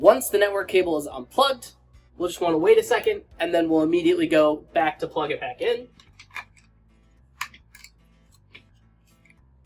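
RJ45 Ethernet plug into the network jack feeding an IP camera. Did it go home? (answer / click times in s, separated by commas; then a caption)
yes / 7.4 s. Someone talks for about the first six seconds, then an unplugged network cable's plastic RJ45 Ethernet plug is pushed back into the network jack feeding an IP camera to reseat it and fix the camera not working. A few faint handling ticks surround a sharp click at 7.4 s as the plug seats in the jack.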